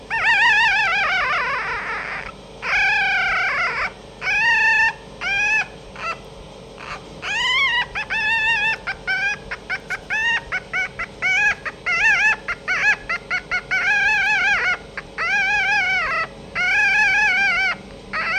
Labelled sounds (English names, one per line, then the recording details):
Red Fox
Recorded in captivity
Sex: female
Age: juvenile
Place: Zoologisches Institut der HUB, Berlin, DE
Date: 1956-05-05 12:40
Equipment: Elmetra
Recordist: Tembrock, Günter